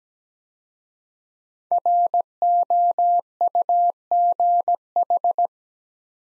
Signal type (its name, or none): Morse code